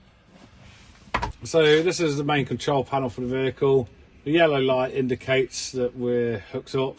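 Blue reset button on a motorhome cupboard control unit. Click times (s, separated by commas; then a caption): 1.2 s. In a Carado A 361 motorhome cupboard, the diamond-shaped selector is turned back to its correct position and the popped-out blue reset button on the control unit is pushed in. A sharp click sounds at 1.2 s, with a second softer one at 1.2 s, as the button locks into place. Someone then talks.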